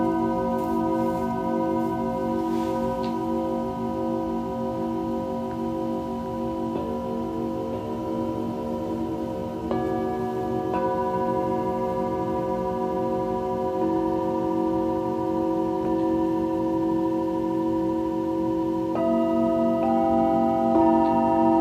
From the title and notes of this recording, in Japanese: シンギングボウルのサウンドヒーリング。チベタンシンギングボウル。